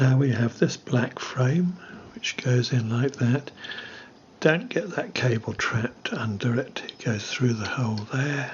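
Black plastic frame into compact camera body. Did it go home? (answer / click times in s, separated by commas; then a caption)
no / none. A black plastic inner frame is fitted into the body of a Panasonic Lumix TZ70 / ZS50 compact camera, with its cable routed through a hole so it doesn't get trapped. Someone talks throughout over faint handling sounds. The frame has not clicked into place yet.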